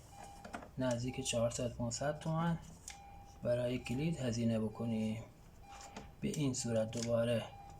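A repaired power-window switch from a Peugeot is handled at its housing in the door panel while someone talks throughout, with a few faint ticks near 0.5 s and at 6.0 s. Nothing has seated or clicked into place yet; the clip ends just before the switch goes home.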